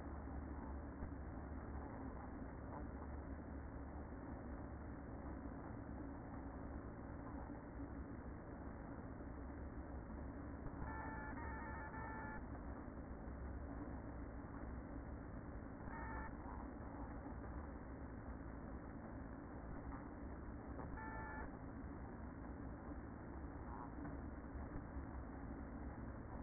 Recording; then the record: honeybee colony, microphone inside the hive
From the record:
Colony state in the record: queen present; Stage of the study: after two queens were removed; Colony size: about 60,000 bees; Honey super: yes